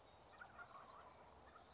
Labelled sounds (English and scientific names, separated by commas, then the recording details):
Wild Turkey (Meleagris gallopavo)
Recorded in Sonoma County, California